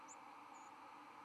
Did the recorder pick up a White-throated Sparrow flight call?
no